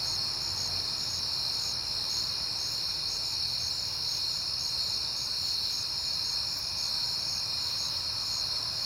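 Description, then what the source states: Crickets in a dense high chorus with steady trills and quick regular pulses. Crickets at night in September, on a peaceful night.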